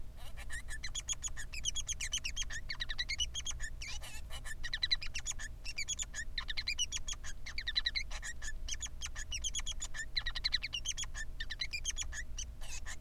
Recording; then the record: song of a male Bengalese finch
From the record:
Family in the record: son of father 3